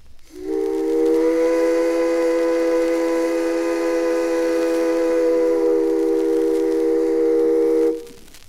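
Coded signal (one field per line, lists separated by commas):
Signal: train horn signal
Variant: steam locomotive whistle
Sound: one long steady steam whistle blast of about seven seconds, with breathy hiss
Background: steam hiss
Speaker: here's engineer Budd swear on the whistle cord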